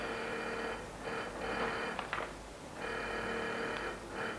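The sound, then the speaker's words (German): A doorbell rings in several insistent bursts of a harsh, buzzing electric bell, some long and some short, with brief pauses between them and no voices; in a radio play, the ring is recognised as that of the returning General. “Ist ja nicht möglich, aber das ist doch sein Klingeln.”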